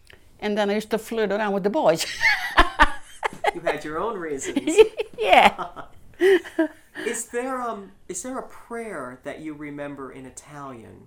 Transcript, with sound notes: And then I used to flirt around with the boys. ( she laughs )
You had your own reasons.
Yeah. ( they laugh )
Is there a prayer that you remember in Italian?